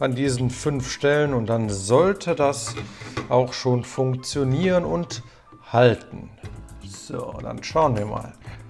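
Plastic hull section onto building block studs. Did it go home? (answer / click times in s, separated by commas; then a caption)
no / none. A large plastic Mega Bloks hull section for a U.S.S. Enterprise model is being pressed onto building block studs at five points. Someone talks over background music throughout. Nothing has seated or clicked yet.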